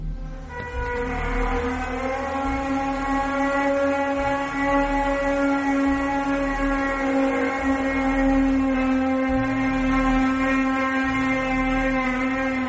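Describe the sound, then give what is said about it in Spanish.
A recording of The Hum, a mysterious low rhythmic hum: a steady, droning hum with a rich buzzy tone rings on without pause, swelling and easing only slightly in loudness, with a faint mechanical pulse underneath and no voices. “En fin, The Hum, un misterio nuevo, o que quizás siempre haya estado ahí,”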